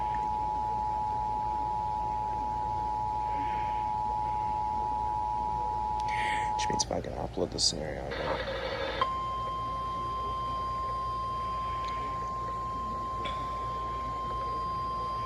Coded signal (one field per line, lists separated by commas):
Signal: Emergency Alert System (SAME) tones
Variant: 853 and 960 Hz attention tone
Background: speech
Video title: (EAS #257) Severe Thunderstorm Warning for Dane, Jefferson, and Dodge, Wisconsin with EASyCAST relay